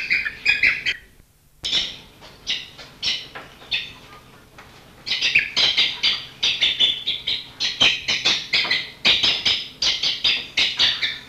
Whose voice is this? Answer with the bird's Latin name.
Threskiornis melanocephalus